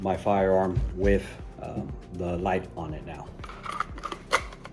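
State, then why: Seated. A pistol fitted with a weapon light is pushed into a polymer retention holster while someone talks. Small scraping taps lead up to a sharp retention click at 4.4 seconds as the gun locks in and is seated.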